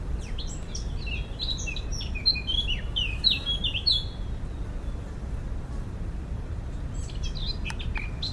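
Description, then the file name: Eurasian blackcap giving one hurried warbling strophe of jumbled twittering and clearer notes in the first four seconds, then a few scattered chips, with constant low rumble. "Sylvia atricapilla"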